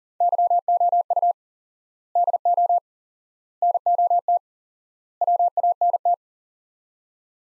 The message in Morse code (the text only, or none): YOU DO NOT WANT